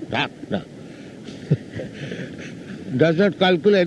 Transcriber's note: laughter